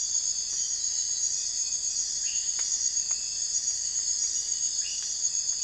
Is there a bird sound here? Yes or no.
no